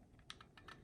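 During reassembly of an H&K P2000 pistol, the slide is lined up so the hole is clear while the metal takedown pin/lever is brought to its spot in the frame and slide. A few short, light clicks and taps of handling are heard, the sharpest near 0.3 s. Nothing has seated or snapped into place yet.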